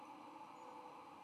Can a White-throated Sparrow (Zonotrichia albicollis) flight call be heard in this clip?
no